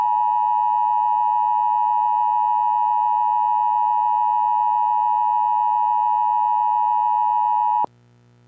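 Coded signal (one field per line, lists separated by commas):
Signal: Emergency Alert System (SAME) tones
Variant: 853 and 960 Hz attention tone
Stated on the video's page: Tornado warning interrupting a TV commercial.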